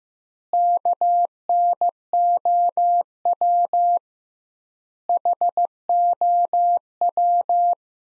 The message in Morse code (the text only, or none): KNOW HOW